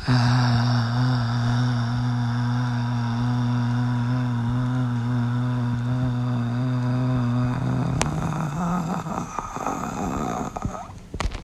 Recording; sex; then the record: sustained vowel /a/; female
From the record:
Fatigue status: fatigue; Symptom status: symptomatic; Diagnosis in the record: COVID-19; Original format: m4a